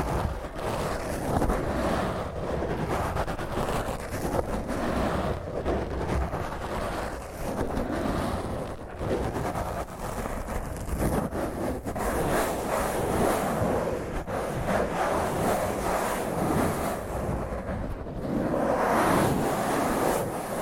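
Fingernails scratch roughly and constantly across a microphone, a dense, grinding rumble with a louder, brighter surge near eighteen seconds.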